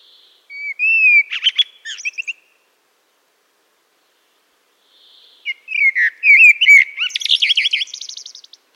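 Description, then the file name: Eurasian blackbird song: two phrases, each opening with low fluted whistles and ending in a high squeaky twitter, with a faint hiss between them. "Turdus merula"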